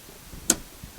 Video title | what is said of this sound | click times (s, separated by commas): Fuel Tank Float Replacement 2007-2009 Hyundai Santa Fe / Fuel Gauge Intermittent? | you can hear a snap in place give it a pull nice and tight | 0.5 s